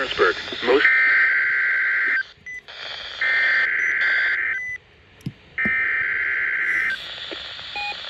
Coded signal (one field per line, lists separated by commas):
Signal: Emergency Alert System (SAME) tones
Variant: header bursts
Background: speech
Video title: EAS 2125-2130: EAS Alerts @ Camp pt 9 on 7/28/21